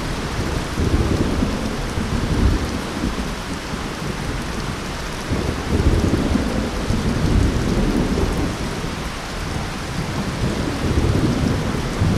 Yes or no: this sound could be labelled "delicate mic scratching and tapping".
no